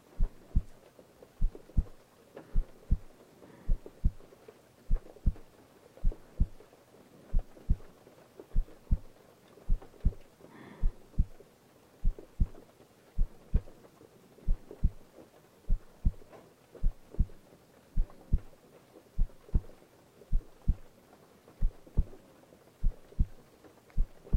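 A heartbeat thumps steadily throughout, each beat a low double thud repeating about once a second at an even pace. Beneath it runs a faint, soft hiss like rain, with a few brief brighter sounds near the tenth second.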